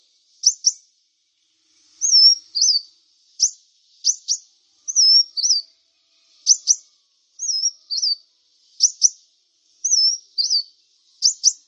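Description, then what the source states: Brown-throated Sunbird repeating a high phrase: crisp double chips, then a wavering, falling slurred whistle, cycled steadily throughout. Local name kolibri kelapa; described as gacor, singing vigorously.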